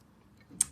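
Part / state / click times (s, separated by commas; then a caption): metal cap onto a steel roller pen body / seated / 0.6 s. A metal cap is pushed fully onto a 304 steel roller pen body until it seats. Low, quiet rumble leads to a single sharp, bright tick at 0.6 s. The cap is seated.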